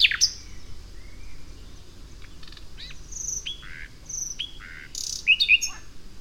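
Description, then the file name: Common nightingale song with a string of separate whistled notes, some sliding down, short buzzy chirps and high sharp clicks, over steady low rumble. "Luscinia megarhynchos"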